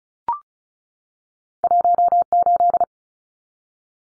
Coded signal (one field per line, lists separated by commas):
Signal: Morse code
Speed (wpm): 34 wpm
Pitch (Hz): 700 Hz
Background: none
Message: 18